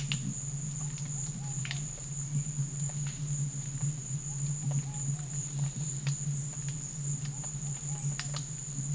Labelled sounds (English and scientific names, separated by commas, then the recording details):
none
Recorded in dense forest near Puerto Asís, Putumayo, Colombia, on 21 December 2024 at 13:00
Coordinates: 0.484, -76.317
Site G026